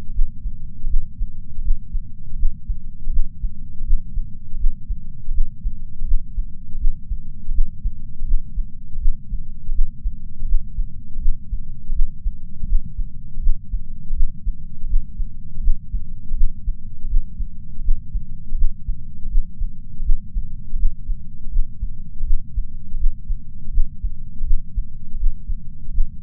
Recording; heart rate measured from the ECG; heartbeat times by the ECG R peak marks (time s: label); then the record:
heart sounds by patch sensor on the chest; 81 bpm
0.13 s: heartbeat
0.88 s: heartbeat
1.62 s: heartbeat
2.37 s: heartbeat
3.11 s: heartbeat
3.84 s: heartbeat
4.58 s: heartbeat
5.32 s: heartbeat
6.05 s: heartbeat
6.79 s: heartbeat
7.52 s: heartbeat
8.25 s: heartbeat
8.99 s: heartbeat
9.73 s: heartbeat
10.46 s: heartbeat
11.20 s: heartbeat
11.93 s: heartbeat
12.67 s: heartbeat
13.41 s: heartbeat
14.14 s: heartbeat
14.87 s: heartbeat
15.61 s: heartbeat
16.35 s: heartbeat
17.08 s: heartbeat
17.82 s: heartbeat
18.56 s: heartbeat
19.29 s: heartbeat
20.04 s: heartbeat
20.77 s: heartbeat
21.50 s: heartbeat
22.25 s: heartbeat
22.98 s: heartbeat
23.71 s: heartbeat
24.45 s: heartbeat
25.18 s: heartbeat
25.92 s: heartbeat
From the record:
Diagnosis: coronary artery disease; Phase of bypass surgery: postoperative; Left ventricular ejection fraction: 56.9%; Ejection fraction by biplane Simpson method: 47.5%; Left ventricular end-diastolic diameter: 47 mm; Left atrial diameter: 37 mm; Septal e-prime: 6 cm/s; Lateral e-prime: 7.9 cm/s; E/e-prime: 12.2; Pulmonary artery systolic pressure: 37 mmHg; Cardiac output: 5.2 L/min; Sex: female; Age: 68 years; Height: 161 cm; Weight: 66.6 kg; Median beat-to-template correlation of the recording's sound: 0.94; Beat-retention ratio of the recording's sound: 0.98